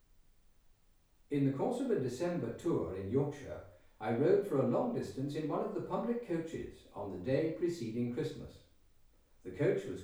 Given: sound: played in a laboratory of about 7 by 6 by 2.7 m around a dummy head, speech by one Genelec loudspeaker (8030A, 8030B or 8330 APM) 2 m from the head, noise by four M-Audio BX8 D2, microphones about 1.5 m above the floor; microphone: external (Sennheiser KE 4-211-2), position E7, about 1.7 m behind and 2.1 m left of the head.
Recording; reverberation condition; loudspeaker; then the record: male speech in English; medium; 150 degrees to the right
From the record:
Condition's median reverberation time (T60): about 510 ms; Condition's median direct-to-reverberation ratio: about -0.5 dB